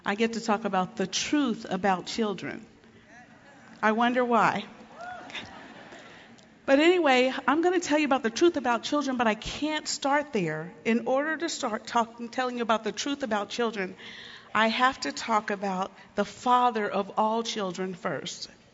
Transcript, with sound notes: I get to talk about the truth about children. I wonder why? (laughter) But anyway, I'm going to tell you about the truth about children, but I can't start there. In order to start telling you about the truth about children, I have to talk about the Father of all children first.